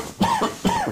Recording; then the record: coughing mixed with background sound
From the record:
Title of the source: Spring Allergy Coughing